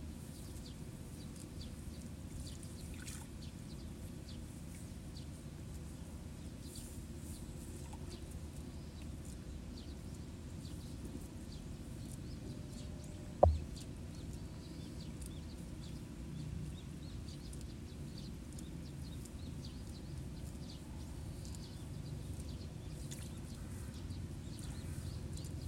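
Water murmurs steadily over a rice paddy with faint scattered chirps above, and one sharp knock stands out around thirteen seconds.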